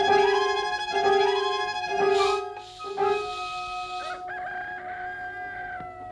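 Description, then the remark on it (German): A rooster crows in long, loud, drawn-out calls while chickens cluck in short bursts around it, with no talking, just the steady chorus of fowl. “Mir gefallen die Hühner nicht”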